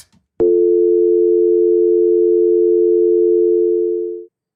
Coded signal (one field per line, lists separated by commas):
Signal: telephone call progress tone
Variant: North America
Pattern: dial tone